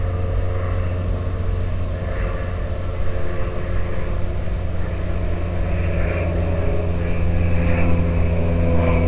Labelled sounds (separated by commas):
aircraft